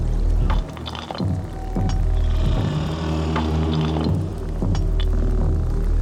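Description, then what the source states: Whale song units: low moans and groans with stacked overtones over a steady low rumble. Whales in New Zealand, revered by the Maori as supernatural beings whose size and song still enchant.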